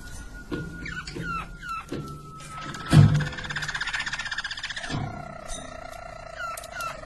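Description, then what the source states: Canary singing a long steady whistled tone with brief chirps, then a rolled trill and a lower sustained roll; a sharp knock sounds midway. Belgian Harz Roller canary (canário belga) song.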